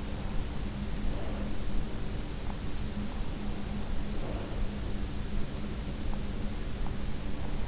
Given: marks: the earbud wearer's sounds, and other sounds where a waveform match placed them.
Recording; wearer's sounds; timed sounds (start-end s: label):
sounds in sleep by an in-ear microphone; breath, teeth grinding
0.95-2.14 s: breath
3.99-4.91 s: breath
6.04-7.68 s: teeth grinding